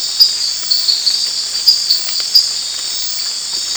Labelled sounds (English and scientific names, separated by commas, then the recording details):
none
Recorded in dense forest near Puerto Asís, Putumayo, Colombia, on 19 March 2025 at 23:30
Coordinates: 0.484, -76.317
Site G064